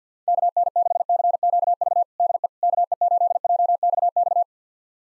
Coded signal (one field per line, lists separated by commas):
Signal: Morse code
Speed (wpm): 50 wpm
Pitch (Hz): 700 Hz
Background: none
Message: KN6CQV DE KE8JXX